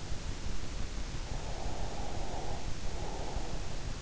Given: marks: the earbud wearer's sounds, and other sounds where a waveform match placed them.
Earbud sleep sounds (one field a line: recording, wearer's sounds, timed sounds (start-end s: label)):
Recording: sounds in sleep by an in-ear microphone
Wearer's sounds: breath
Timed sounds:
1.35-3.81 s: breath